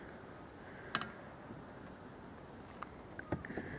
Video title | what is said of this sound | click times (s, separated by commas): How to Remove / Replace, Windshield / Windscreen Wiper Classic and Modern | You're going to come up just like this, and then it just slides and locks into place. | 0.9 s